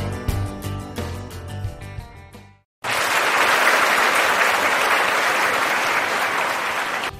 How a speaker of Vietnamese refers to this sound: A Di Đà Phật, xin quý hãy cho một tràng pháo tay thật lớn để chào đón Phật tử Quảng Phong, giáo sư sử học Lê Văn Lan và thượng tọa trụ trì chùa Hoàng Pháp.